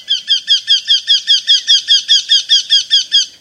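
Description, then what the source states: Eurasian wryneck uttering a long regular series of many notes, steady in pitch. Long-distance migrant of orchard meadows, wintering in Africa, squeezed as orchard meadows decline.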